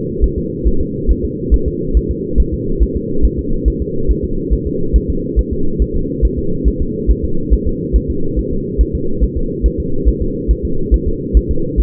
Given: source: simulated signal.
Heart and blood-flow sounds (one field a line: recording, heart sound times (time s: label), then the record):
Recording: fetal heart sounds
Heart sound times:
0.24 s: S1
0.38 s: S2
0.68 s: S1
0.81 s: S2
1.11 s: S1
1.25 s: S2
1.54 s: S1
1.68 s: S2
1.97 s: S1
2.11 s: S2
2.40 s: S1
2.54 s: S2
2.83 s: S1
2.96 s: S2
3.25 s: S1
3.39 s: S2
3.68 s: S1
3.82 s: S2
4.11 s: S1
4.24 s: S2
4.53 s: S1
4.67 s: S2
4.96 s: S1
5.10 s: S2
5.39 s: S1
5.53 s: S2
5.82 s: S1
5.96 s: S2
6.25 s: S1
6.39 s: S2
6.68 s: S1
6.82 s: S2
7.11 s: S1
7.24 s: S2
7.53 s: S1
7.67 s: S2
7.96 s: S1
8.10 s: S2
8.39 s: S1
8.53 s: S2
8.81 s: S1
8.95 s: S2
9.24 s: S1
9.37 s: S2
9.66 s: S1
9.80 s: S2
10.08 s: S1
10.22 s: S2
10.51 s: S1
10.65 s: S2
10.94 s: S1
11.08 s: S2
11.37 s: S1
11.51 s: S2
11.80 s: S1
From the record:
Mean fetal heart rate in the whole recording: 140 bpm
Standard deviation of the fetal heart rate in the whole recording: 2 bpm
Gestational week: 34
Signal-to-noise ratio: -8.1 dB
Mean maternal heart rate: 72 bpm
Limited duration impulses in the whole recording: absent